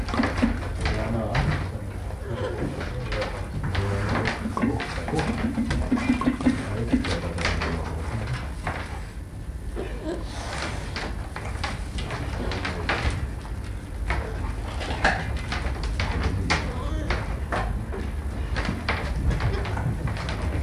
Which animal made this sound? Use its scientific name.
Helarctos malayanus